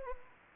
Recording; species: mosquito wingbeat signal from an infrared sensor; Anopheles gambiae